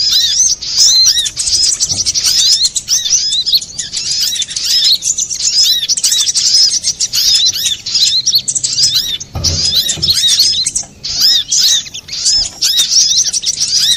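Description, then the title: Little spiderhunter giving a long torrent of high, squeaky chatter, barely pausing, with a couple of dull thumps. Master recording used for training cage birds. "Masteran Burung Sogok Ontong Labaik"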